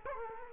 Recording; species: mosquito wingbeat signal from an infrared sensor; Culex quinquefasciatus